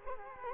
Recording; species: mosquito wingbeat signal from an infrared sensor; Culex quinquefasciatus